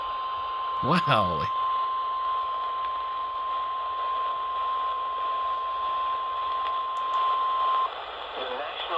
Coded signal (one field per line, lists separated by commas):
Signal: Emergency Alert System (SAME) tones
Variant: 1050 Hz attention tone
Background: speech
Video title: eas FFW Eas#315